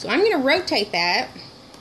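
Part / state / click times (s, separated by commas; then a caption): lid lock knob on a vacuum sealer / not seated / none. Someone talks while getting ready to rotate the side lock knob on a plastic vacuum sealer, which locks the lid down. Only faint handling noise follows the speech. The lid lock knob has not yet clicked or seated.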